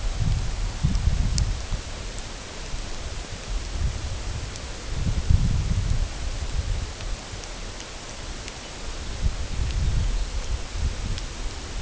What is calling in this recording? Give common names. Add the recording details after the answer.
none. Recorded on Arctic tundra, site UTQI-8, on 16 June 2019. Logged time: 00:00